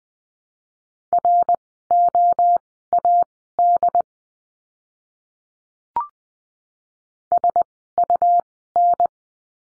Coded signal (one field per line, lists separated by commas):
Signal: Morse code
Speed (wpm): 20 wpm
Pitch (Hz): 700 Hz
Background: none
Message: ROAD SUN